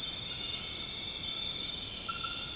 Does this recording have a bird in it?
no